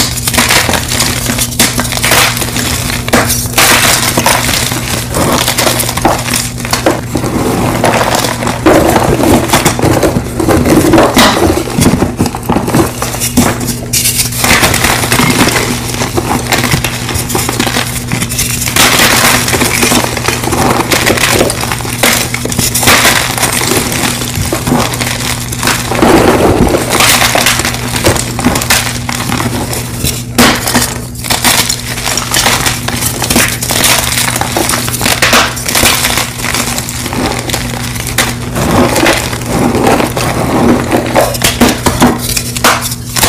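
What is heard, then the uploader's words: A mass of gym chalk is crushed continuously for the whole clip, a dense, busy crackle and crunch with no real pauses. Brief louder bursts of grinding come every few seconds. A steady low hum sits underneath throughout. 100 Blocks Gym Chalk Mass Crush.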